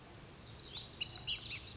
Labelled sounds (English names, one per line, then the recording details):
Lazuli Bunting
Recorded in Sonoma County, California